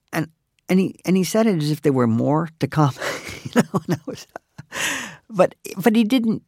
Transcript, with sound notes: and he said it as if there were more to come (laughter), you know? But he didn't